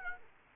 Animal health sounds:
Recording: mosquito wingbeat signal from an infrared sensor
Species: Aedes aegypti

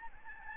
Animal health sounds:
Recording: mosquito wingbeat signal from an infrared sensor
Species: Aedes albopictus

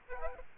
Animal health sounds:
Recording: mosquito wingbeat signal from an infrared sensor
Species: Aedes aegypti

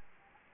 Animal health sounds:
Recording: mosquito wingbeat signal from an infrared sensor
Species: Anopheles gambiae

